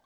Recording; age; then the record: pig call; piglet (1 to 25 days)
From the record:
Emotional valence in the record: positive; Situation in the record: short reunion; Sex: male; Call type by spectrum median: low-frequency call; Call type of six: low-frequency tonal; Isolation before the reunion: 3 minutes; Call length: 0.06 s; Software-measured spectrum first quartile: 781 Hz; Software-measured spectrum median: 1387 Hz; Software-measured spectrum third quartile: 4215 Hz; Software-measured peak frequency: 1094 Hz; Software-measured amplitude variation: 47 dB a second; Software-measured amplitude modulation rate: 8.1 a second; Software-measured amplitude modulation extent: 5.8 dB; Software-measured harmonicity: 2.4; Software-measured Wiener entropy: -1.82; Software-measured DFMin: 632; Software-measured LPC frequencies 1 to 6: 842, 1912, 3461, 4363, 5416, 6311 Hz